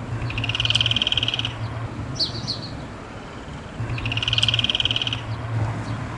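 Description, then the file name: Yellow-chinned spinetail song: two fast, even, rattling trills about a second long, separated by a brief high chirp, over a steady low hum. "canto do curutie"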